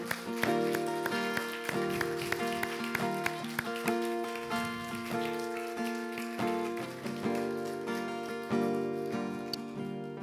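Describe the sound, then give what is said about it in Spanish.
A church audience claps steadily in praise of Jesus Christ, a dense crackle of many hands that carries on over sustained keyboard chords for the whole stretch, with no talking. “Así que yo te animo a que le puedas dar un fuerte aplauso al mejor arquitecto.”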